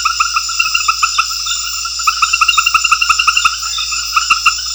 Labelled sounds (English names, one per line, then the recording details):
none
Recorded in secondary vegetation near Puerto Asís, Putumayo, Colombia, on 4 March 2025 at 20:30
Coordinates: 0.498, -76.327
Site G001